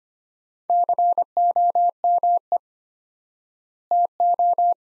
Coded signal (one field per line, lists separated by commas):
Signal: Morse code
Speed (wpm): 25 wpm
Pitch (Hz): 700 Hz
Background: none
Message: COME TO